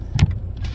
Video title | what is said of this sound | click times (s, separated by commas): Brake Light Won't Turn off how to fix Ford fusion se | Hear that click sound, guys, | 0.2 s